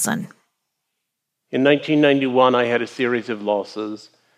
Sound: soundbite of ted talk

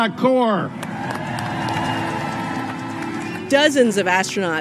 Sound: applause

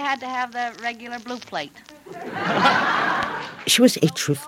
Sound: laughter

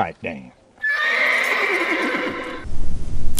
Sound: soundbite of horse neighing

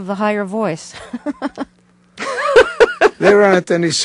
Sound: soundbite of laughter

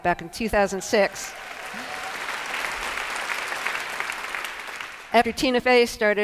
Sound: applause

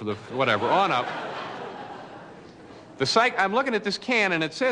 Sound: laughter

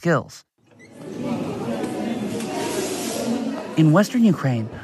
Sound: soundbite of chattering ambience

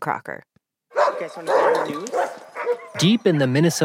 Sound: soundbite of dogs barking

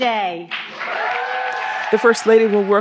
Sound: applause

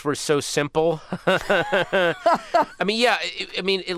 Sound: laughter

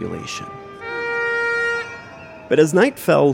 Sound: soundbite of horn honking

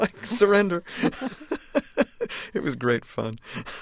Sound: laughter

